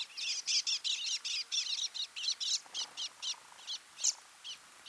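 Scaly-feathered weaver chatter: rapid, rhythmic buzzy high chirps repeated several times per second, slowing slightly toward the end.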